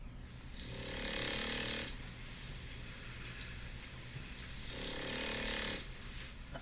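Two rough, noisy snores about four seconds apart, each with a low fluttering buzz under a harsh hiss, from a sleeping dog that snores now and then. It sounds thin and carries steady background hiss.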